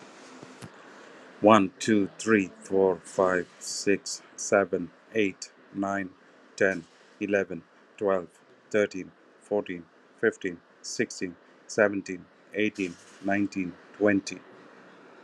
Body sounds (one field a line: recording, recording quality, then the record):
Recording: counting at a normal pace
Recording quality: excellent, no background noise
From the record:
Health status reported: healthy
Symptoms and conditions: none ticked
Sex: male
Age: 47 years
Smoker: yes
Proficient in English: yes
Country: India